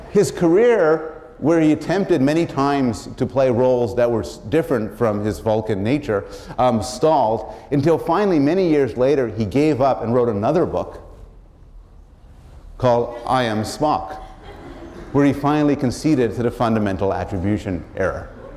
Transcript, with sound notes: His career, where he attempted many times to play roles that were different from his Vulcan nature, stalled until finally many years later he gave up and wrote another book called I Am Spock [laughter] where he finally conceded to the fundamental attribution error.